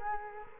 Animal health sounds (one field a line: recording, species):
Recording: mosquito wingbeat signal from an infrared sensor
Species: Culex quinquefasciatus